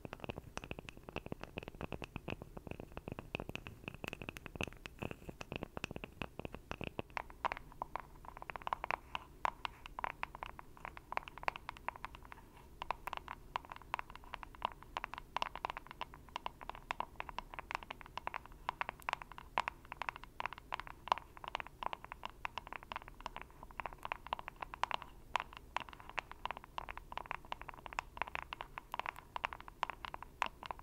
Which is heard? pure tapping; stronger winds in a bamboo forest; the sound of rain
pure tapping